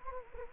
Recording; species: mosquito wingbeat signal from an infrared sensor; Anopheles gambiae